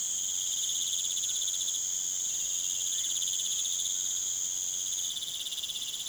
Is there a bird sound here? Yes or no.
no